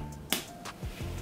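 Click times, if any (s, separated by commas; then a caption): 0.3 s. A Fenty Icon refillable lipstick is pushed back into its case to close it, giving one short, sharp click at 0.3 s that stands out from the quiet background. The lipstick is seated and the case is closed.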